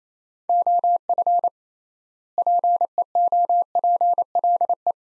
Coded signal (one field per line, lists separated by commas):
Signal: Morse code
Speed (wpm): 28 wpm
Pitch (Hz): 700 Hz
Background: none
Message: OF PEOPLE